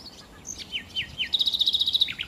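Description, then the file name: Common nightingale song with downslurred whistles followed by a rapid, evenly repeated high trill of about a dozen notes. "Nachtigall"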